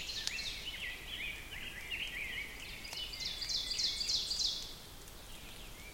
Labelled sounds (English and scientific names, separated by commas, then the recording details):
Ovenbird (Seiurus aurocapilla) song
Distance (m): 65 m
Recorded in boreal forest in Alberta, Canada, on 5 June 2016 at 07:05
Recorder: SongMeter 3, array SBT-3-51
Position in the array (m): 194 m, 9 m
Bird 27